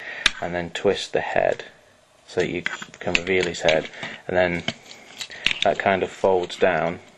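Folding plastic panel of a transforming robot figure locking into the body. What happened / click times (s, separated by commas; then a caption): Plastic parts handled, not yet locked in place / none. Someone talks while handling a Transformers Generations Thrust plastic action figure, transforming it from jet to robot by twisting the head out and folding a plastic panel down toward the body. Light plastic taps and brief clicks of handling are heard between the speech. Nothing has seated or clicked into place yet.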